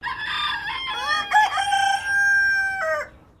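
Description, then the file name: Silkie chicken crowing, a strained multi-part crow of about three seconds that starts with a wavering note and holds a long, level, nasal tone before breaking off. "BIRD CHICKEN SILKIE CROW"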